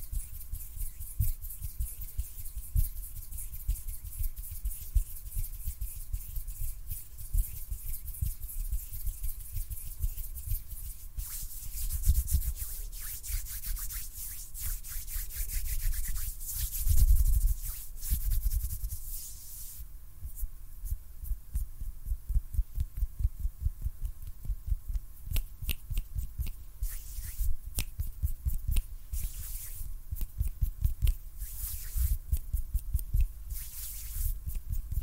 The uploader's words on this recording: ASMR HAND SOUNDS NO TALKING.